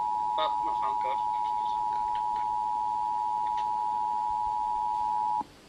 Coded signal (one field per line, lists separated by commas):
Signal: Emergency Alert System (SAME) tones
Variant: 853 and 960 Hz attention tone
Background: speech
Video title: EAS Scenario - Nuclear Missile Attack: Remastered